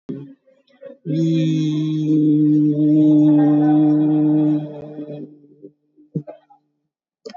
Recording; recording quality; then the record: sustained vowel as in beet; excellent, no background noise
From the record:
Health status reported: COVID-19 positive, moderate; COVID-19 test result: positive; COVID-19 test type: RT-PCR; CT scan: taken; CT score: 3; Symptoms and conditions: cough, sore throat, fever, fatigue, muscle pain, diabetes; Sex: female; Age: 62 years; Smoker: no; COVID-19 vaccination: one dose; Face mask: worn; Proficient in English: yes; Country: India